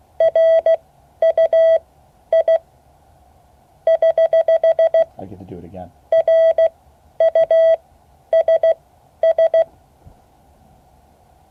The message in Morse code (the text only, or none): RUI <HH> RUSS